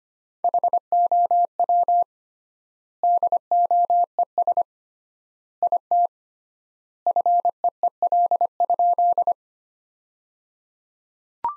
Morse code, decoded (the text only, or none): HOW DOES IT FEEL?